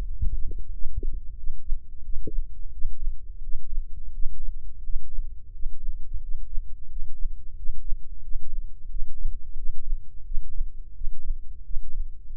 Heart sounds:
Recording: heart sounds by microphone in the right ear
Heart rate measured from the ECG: 88 bpm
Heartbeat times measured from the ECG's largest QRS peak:
0.07 s: heartbeat
0.71 s: heartbeat
1.35 s: heartbeat
2.01 s: heartbeat
2.70 s: heartbeat
3.40 s: heartbeat
4.11 s: heartbeat
4.81 s: heartbeat
5.51 s: heartbeat
6.20 s: heartbeat
6.87 s: heartbeat
7.54 s: heartbeat
8.21 s: heartbeat
8.88 s: heartbeat
9.55 s: heartbeat
10.23 s: heartbeat
10.93 s: heartbeat
11.62 s: heartbeat
12.33 s: heartbeat
From the record:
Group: healthy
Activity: breath hold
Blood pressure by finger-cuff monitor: 100/65 mmHg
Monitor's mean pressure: 75 mmHg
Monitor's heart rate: 89 bpm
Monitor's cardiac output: 7.2 L/min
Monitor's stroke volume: 81 mL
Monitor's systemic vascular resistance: 750 dyn s/cm5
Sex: male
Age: 19 years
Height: 178 cm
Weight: 83 kg

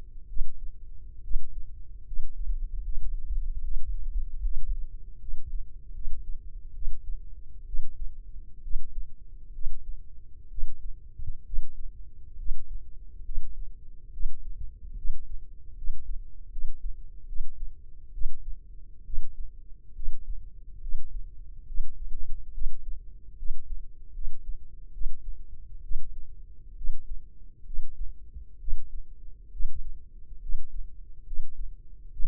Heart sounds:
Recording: heart sounds by microphone in the left ear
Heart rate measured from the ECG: 70 bpm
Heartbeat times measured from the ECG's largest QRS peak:
0.27 s: heartbeat
1.22 s: heartbeat
2.05 s: heartbeat
2.83 s: heartbeat
3.62 s: heartbeat
4.42 s: heartbeat
5.19 s: heartbeat
5.93 s: heartbeat
6.73 s: heartbeat
7.65 s: heartbeat
8.62 s: heartbeat
9.52 s: heartbeat
10.49 s: heartbeat
11.44 s: heartbeat
12.36 s: heartbeat
13.23 s: heartbeat
14.11 s: heartbeat
14.95 s: heartbeat
15.75 s: heartbeat
16.50 s: heartbeat
17.26 s: heartbeat
18.12 s: heartbeat
19.04 s: heartbeat
19.94 s: heartbeat
20.80 s: heartbeat
21.66 s: heartbeat
22.52 s: heartbeat
23.36 s: heartbeat
24.12 s: heartbeat
24.92 s: heartbeat
25.82 s: heartbeat
26.75 s: heartbeat
27.64 s: heartbeat
28.58 s: heartbeat
29.50 s: heartbeat
30.40 s: heartbeat
31.25 s: heartbeat
32.10 s: heartbeat
From the record:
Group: healthy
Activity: rest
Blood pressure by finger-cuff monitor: 160/90 mmHg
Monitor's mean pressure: 110 mmHg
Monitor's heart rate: 69 bpm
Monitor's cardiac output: 6.3 L/min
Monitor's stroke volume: 90 mL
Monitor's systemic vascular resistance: 1330 dyn s/cm5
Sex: male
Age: 21 years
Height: 180 cm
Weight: 67.5 kg

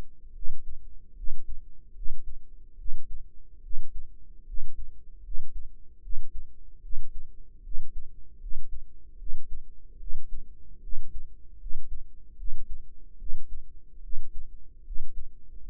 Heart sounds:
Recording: heart sounds by microphone in the right ear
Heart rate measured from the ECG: 75 bpm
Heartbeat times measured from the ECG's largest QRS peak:
0.32 s: heartbeat
1.14 s: heartbeat
1.93 s: heartbeat
2.76 s: heartbeat
3.60 s: heartbeat
4.44 s: heartbeat
5.21 s: heartbeat
6.00 s: heartbeat
6.80 s: heartbeat
7.61 s: heartbeat
8.38 s: heartbeat
9.16 s: heartbeat
9.97 s: heartbeat
10.80 s: heartbeat
11.57 s: heartbeat
12.35 s: heartbeat
13.16 s: heartbeat
14.00 s: heartbeat
14.82 s: heartbeat
15.61 s: heartbeat
From the record:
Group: healthy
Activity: rest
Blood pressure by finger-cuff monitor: 118/79 mmHg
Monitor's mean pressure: 90 mmHg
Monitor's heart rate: 75 bpm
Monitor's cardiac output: 5.6 L/min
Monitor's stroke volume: 75 mL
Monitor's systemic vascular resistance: 1190 dyn s/cm5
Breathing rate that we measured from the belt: 18 breaths a minute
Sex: female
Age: 22 years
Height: 160 cm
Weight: 45 kg

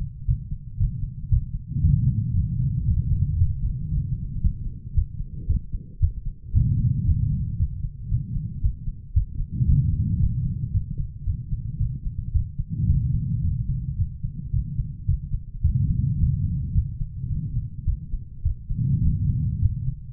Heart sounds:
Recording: heart sounds by stethoscope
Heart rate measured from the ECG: 112 bpm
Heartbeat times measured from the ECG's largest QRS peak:
0.26 s: heartbeat
0.78 s: heartbeat
1.30 s: heartbeat
1.82 s: heartbeat
2.34 s: heartbeat
2.86 s: heartbeat
3.37 s: heartbeat
3.89 s: heartbeat
4.42 s: heartbeat
4.94 s: heartbeat
5.47 s: heartbeat
6.00 s: heartbeat
6.53 s: heartbeat
7.05 s: heartbeat
7.57 s: heartbeat
8.09 s: heartbeat
8.61 s: heartbeat
9.14 s: heartbeat
9.67 s: heartbeat
10.19 s: heartbeat
10.72 s: heartbeat
11.25 s: heartbeat
11.78 s: heartbeat
12.32 s: heartbeat
12.87 s: heartbeat
13.42 s: heartbeat
13.96 s: heartbeat
14.51 s: heartbeat
15.06 s: heartbeat
15.62 s: heartbeat
16.18 s: heartbeat
16.73 s: heartbeat
17.28 s: heartbeat
17.85 s: heartbeat
18.43 s: heartbeat
19.02 s: heartbeat
19.60 s: heartbeat
From the record:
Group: healthy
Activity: rest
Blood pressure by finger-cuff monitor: 155/89 mmHg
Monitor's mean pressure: 108 mmHg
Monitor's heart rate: 113 bpm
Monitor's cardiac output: 8.2 L/min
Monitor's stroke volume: 73 mL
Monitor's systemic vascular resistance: 960 dyn s/cm5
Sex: female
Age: 43 years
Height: 160 cm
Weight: 90 kg

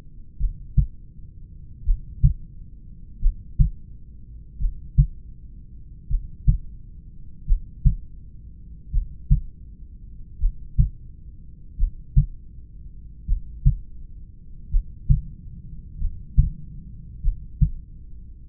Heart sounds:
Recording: heart sounds by stethoscope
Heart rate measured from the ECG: 43 bpm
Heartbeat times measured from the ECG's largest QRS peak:
0.43 s: heartbeat
1.89 s: heartbeat
3.25 s: heartbeat
4.63 s: heartbeat
6.13 s: heartbeat
7.50 s: heartbeat
8.95 s: heartbeat
10.43 s: heartbeat
11.81 s: heartbeat
13.30 s: heartbeat
14.74 s: heartbeat
16.03 s: heartbeat
17.26 s: heartbeat
From the record:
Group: heart failure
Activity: rest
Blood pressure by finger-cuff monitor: 90/63 mmHg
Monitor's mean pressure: 71 mmHg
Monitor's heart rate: 41 bpm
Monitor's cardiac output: 3.6 L/min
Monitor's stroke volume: 86 mL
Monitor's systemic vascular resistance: 1390 dyn s/cm5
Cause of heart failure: familial cardiomyopathy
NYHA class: 1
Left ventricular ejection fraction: 49%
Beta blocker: bisoprolol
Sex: male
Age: 31 years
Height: 194 cm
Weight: 96 kg

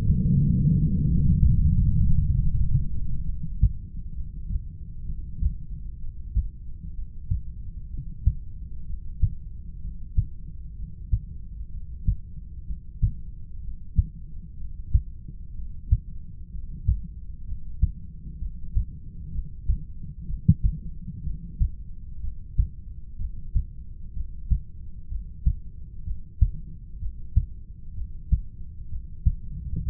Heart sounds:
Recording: heart sounds by stethoscope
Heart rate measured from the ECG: 64 bpm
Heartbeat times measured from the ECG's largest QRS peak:
0.60 s: heartbeat
1.46 s: heartbeat
2.34 s: heartbeat
3.25 s: heartbeat
4.15 s: heartbeat
5.07 s: heartbeat
6.01 s: heartbeat
6.95 s: heartbeat
7.90 s: heartbeat
8.86 s: heartbeat
9.80 s: heartbeat
10.75 s: heartbeat
11.70 s: heartbeat
12.65 s: heartbeat
13.60 s: heartbeat
14.56 s: heartbeat
15.54 s: heartbeat
16.49 s: heartbeat
17.44 s: heartbeat
18.38 s: heartbeat
19.31 s: heartbeat
20.26 s: heartbeat
21.23 s: heartbeat
22.20 s: heartbeat
23.17 s: heartbeat
24.13 s: heartbeat
25.08 s: heartbeat
26.03 s: heartbeat
26.98 s: heartbeat
27.93 s: heartbeat
28.88 s: heartbeat
29.82 s: heartbeat
From the record:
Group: heart failure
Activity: breath hold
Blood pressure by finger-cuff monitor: 113/83 mmHg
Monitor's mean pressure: 93 mmHg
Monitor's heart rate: 63 bpm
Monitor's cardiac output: 6 L/min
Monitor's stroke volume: 95 mL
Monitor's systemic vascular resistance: 1120 dyn s/cm5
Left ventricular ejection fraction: 25%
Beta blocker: metoprolol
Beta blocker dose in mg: 62.5 twice daily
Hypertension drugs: ramipril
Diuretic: furosemide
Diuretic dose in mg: 40 twice daily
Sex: male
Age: 57 years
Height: 180 cm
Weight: 90.5 kg

